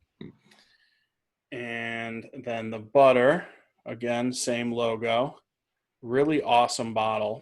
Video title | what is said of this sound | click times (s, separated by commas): New Live Bearded Products Review! | Really nice firm lid. You can hear that click for the wash there. | 0.2 s